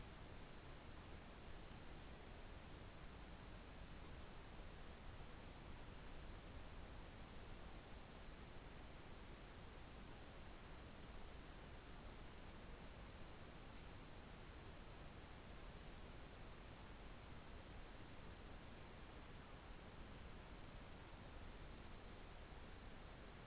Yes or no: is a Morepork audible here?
no